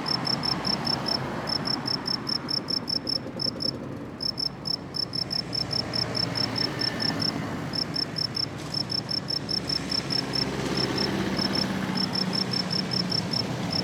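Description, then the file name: Cricket song, short high chirps repeated in quick runs with brief breaks, over a constant low rumble. "grillon"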